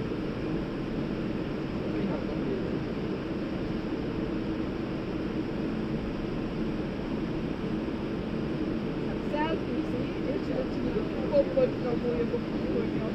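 An airplane cabin hums steadily while waiting for departure, a low constant drone with muffled voices and a few brief clicks near the end.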